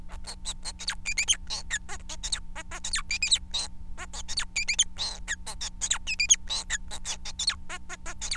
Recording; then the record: song of a male Bengalese finch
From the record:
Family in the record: son of father 4